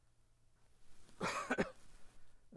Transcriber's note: he coughs